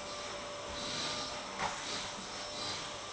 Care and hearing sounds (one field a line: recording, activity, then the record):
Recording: daily activity, microphone in the room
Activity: vacuum cleaning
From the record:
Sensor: 3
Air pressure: 1011.9 hPa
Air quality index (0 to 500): 236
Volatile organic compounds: 5 ppm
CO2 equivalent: 1750 ppm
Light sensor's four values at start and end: 9/22/9/9 and 9/22/9/9